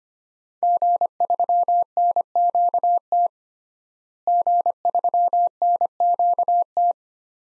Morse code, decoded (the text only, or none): G3NQT G3NQT